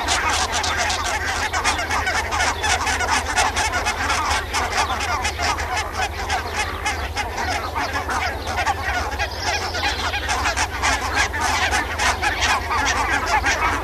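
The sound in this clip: Barnacle goose: a large flock of barnacle geese keeps up an unbroken chorus of sharp, yelping honks over a low steady rumble.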